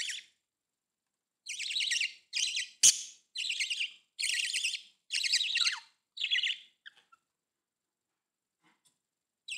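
Budgerigar chirps: a run of harsh, buzzy, warbling notes, each about half a second, with a sharp click among them, then quiet with a few faint ticks before another note at the end.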